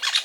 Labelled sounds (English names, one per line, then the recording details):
Brown-throated Parakeet contact call
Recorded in Venezuela
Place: Guárico; Corozopando; Fundo La Fe
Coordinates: 8.506, -67.593